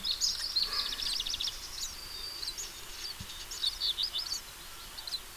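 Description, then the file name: House sparrow chirping calls, a rapid series of chirps at the start, then sparser, scattered chirps. "Passer domesticus"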